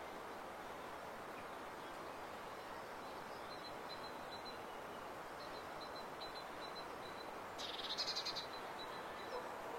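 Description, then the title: Great kiskadee giving a short harsh call late, over steady background hiss. Song of the great kiskadee in nature in Brazil. "O CANTO DO BEM TE VI NA NATUREZA Aves Do Brasil !"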